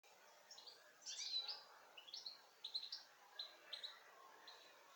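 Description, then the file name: European goldfinch calls: a run of short, bright twittering notes high in pitch, coming in quick bursts over about four seconds with faint hiss behind. "Carduelis carduelis"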